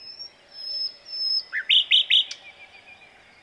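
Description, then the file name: Common nightingale phrase opening with a thin, high sustained whistle, then a low note and three loud, sharp repeated notes. "Luscinia megarhynchos"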